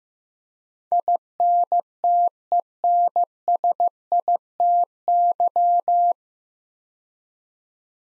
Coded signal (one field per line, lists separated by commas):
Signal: Morse code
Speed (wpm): 15 wpm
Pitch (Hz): 700 Hz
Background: none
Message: INTENSITY